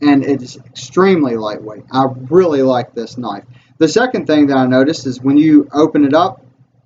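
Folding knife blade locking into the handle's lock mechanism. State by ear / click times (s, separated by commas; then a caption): not seated / none. A man talks while handling a Gerber Scout folding pocket knife whose blade is about to lock open into the handle's lock mechanism. Only his voice is heard; the blade has not locked into place yet and nothing has clicked.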